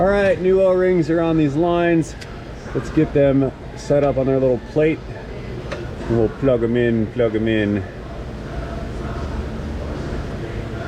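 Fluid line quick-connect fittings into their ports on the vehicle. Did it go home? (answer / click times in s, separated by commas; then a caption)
no / none. Someone talks while two fluid lines fitted with new o-rings are set on their plate and pushed into their quick-connect ports on a Ford Expedition 5.4 3-valve 4x4. A brief sharp knock sounds at about 5.7 seconds over a steady low hum. Nothing has snapped in or clicked yet; the quick-connects have not seated.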